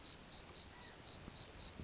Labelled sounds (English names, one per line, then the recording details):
California Quail
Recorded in Sonoma County, California